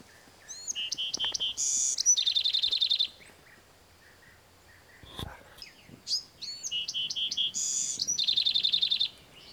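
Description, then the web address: Bewick's wren song, given twice: short high introductory notes, a buzzy burst, then a rapid dry trill, each phrase lasting about three seconds with a quiet gap between. "BEWR birds wrens"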